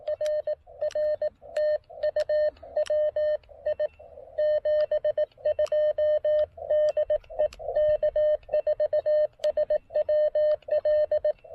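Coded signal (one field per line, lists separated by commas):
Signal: Morse code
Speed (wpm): 18 wpm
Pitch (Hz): 590 Hz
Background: none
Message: RR TU WI 72 DE K4SWL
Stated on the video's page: QRP Xiegu G106 transceiver, CW park activation on 20 meters.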